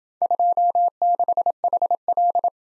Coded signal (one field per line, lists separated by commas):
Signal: Morse code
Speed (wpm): 28 wpm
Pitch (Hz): 700 Hz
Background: none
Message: 26HL